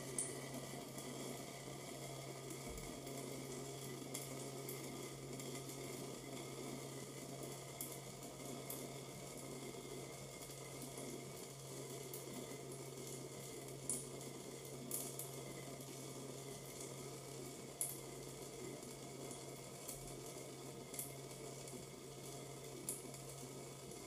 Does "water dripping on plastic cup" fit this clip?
yes